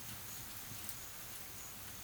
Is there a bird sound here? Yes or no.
no